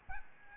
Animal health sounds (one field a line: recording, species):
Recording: mosquito wingbeat signal from an infrared sensor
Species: Aedes albopictus